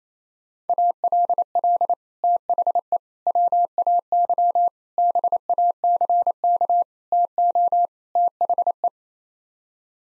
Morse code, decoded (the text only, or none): ALL THE WAY BACK TO THE